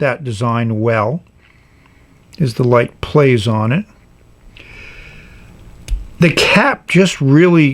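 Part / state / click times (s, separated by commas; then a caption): pen cap onto fountain pen barrel / seated / 5.9 s. Someone talks while the metal cap of a Parker 45 fountain pen with an R nib is pushed onto the pen barrel. It snaps into place with a sharp click at 5.9 s, seated very securely so it will not come off accidentally.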